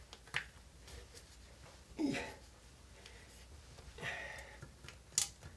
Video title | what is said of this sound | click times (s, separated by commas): Installing a toilet | and it's locked into place i'll do the same thing on the other side | 5.2 s